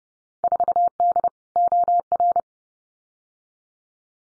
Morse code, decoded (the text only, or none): 4D OR